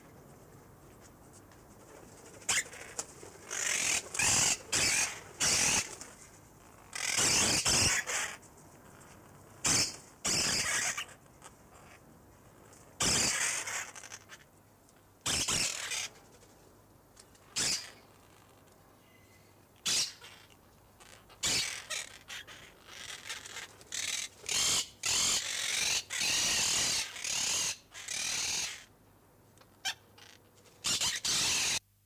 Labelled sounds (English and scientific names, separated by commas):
Monk Parakeet (Myiopsitta monachus) call